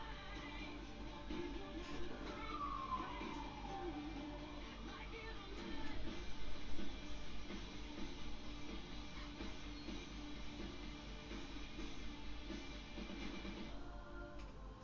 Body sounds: background sound without coughing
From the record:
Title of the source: BackgroundMusic4

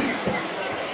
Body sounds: coughing mixed with background sound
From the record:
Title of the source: Mid-morning Winter Coughing Fit

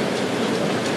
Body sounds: background sound without coughing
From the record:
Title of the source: Office Sounds Ambience - Background Noise for Study and Work

